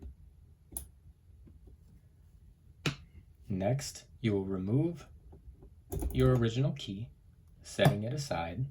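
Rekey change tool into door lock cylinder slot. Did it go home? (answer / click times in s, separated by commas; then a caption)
yes / 2.9 s. A metal Kwikset SmartKey change tool is pushed into the slot beside the keyway of a door lock cylinder, with a faint tick at 0.8 s before a sharper, louder click at 2.9 s as it seats, setting the lock for rekeying. Someone then talks over a quiet background.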